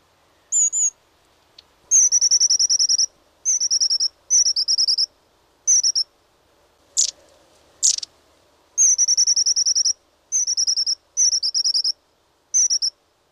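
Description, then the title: Long-tailed tit giving repeated bursts of rapid high thin notes, around ten bursts, broken midway by two sharp louder notes. "Viikon luontoääni: Pyrstötiainen"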